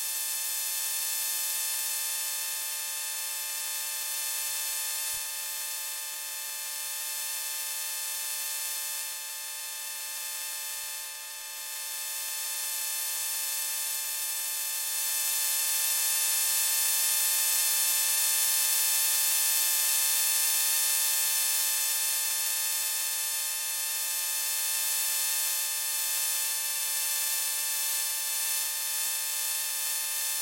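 An e-reader's electromagnetic emissions picked up with induction coils: a steady, buzzing whine made of evenly stacked tones from the mid range upward, over a bright hiss. It stays nearly constant, growing slightly louder around halfway, with faint clicks near five and eleven seconds.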